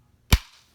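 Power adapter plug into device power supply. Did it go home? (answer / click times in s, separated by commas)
yes / 0.3 s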